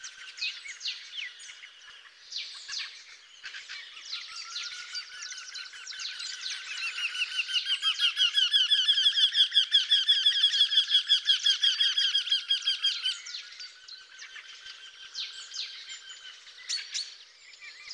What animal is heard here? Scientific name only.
Jynx torquilla